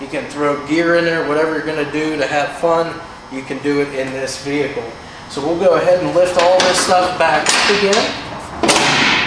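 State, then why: Seated. On a 1968 Ford Bronco 4WD, someone talks while the rear tailgate is lifted and closed. Its metal latch catches on the vehicle body with a single thud at 8.6 seconds, and the tailgate is latched shut.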